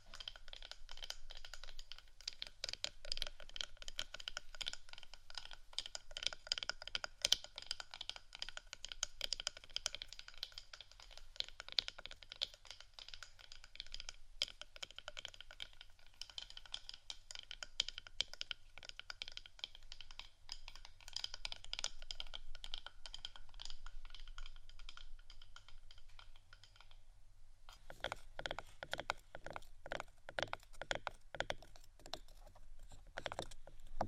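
Tapping and scratching on wooden items, a dense run of quick, dry clicks and scrapes that patters on almost without pause, like rapid typing. Around 27 seconds the texture shifts, becoming sparser with sharper, more separate taps. A faint low hum runs underneath throughout.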